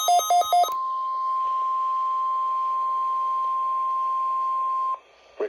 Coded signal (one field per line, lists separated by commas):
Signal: Emergency Alert System (SAME) tones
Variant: 1050 Hz attention tone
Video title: Required Weekly Test | EAS #664